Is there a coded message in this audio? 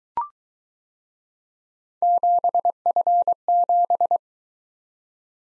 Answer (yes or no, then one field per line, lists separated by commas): yes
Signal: Morse code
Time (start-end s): 2.0-4.2 s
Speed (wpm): 22 wpm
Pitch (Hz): 700 Hz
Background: none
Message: 7F7